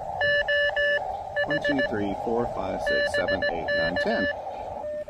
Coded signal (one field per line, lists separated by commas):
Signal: Morse code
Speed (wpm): 17 wpm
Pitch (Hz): 1750 Hz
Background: speech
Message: OH BK